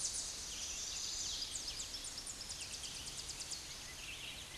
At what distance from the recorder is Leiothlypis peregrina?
about 50 m